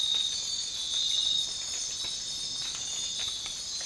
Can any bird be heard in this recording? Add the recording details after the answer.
no. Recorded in dense forest near Puerto Asís, Putumayo, Colombia, on 12 March 2025 at 04:30. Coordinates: 0.500, -76.322. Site GP06